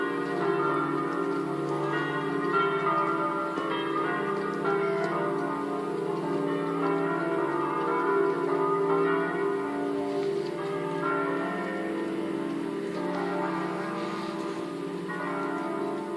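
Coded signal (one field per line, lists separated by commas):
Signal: bell signal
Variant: five swinging church bells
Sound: several large church bells swinging and clanging together continuously, rich overlapping ringing tones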